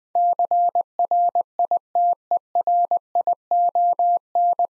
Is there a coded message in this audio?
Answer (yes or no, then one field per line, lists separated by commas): yes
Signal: Morse code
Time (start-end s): 0.2-4.7 s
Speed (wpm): 20 wpm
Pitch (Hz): 700 Hz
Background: none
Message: CRITERION